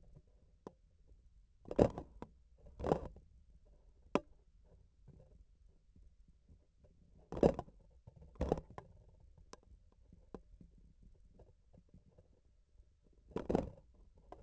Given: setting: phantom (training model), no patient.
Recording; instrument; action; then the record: laparoscopic instrument, vibration sensor on the handle end; grasping forceps; opening and closing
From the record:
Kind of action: tool actuation without material contact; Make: other than Olympus